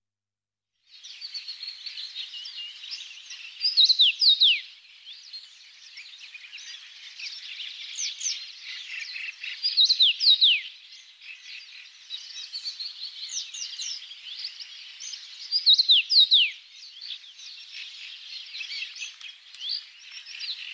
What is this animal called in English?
Common Rosefinch